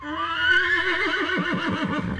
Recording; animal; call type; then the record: contact call of a hoofed animal; horse; whinny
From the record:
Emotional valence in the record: positive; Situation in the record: reunion with the whole group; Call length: 2.3 s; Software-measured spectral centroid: 1890 Hz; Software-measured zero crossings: 2620 a second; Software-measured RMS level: -24 dBFS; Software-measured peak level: -10 dBFS